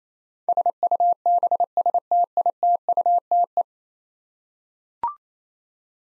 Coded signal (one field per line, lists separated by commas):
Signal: Morse code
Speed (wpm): 27 wpm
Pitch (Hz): 700 Hz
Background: none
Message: SUBSTITUTE